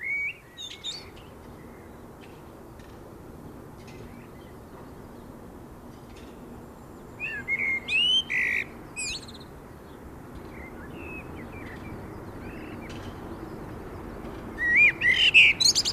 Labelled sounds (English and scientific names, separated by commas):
Common Blackbird (Turdus merula) song